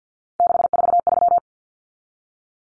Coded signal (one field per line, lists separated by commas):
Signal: Morse code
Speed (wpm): 50 wpm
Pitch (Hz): 700 Hz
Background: none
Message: 643